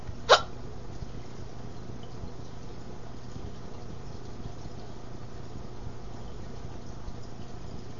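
A single sharp hiccup from an adult near the start, followed by quiet with a steady low background hum.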